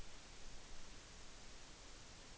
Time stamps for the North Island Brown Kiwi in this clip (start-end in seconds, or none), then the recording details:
none. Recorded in New Zealand on 8 June 2013. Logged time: 02:19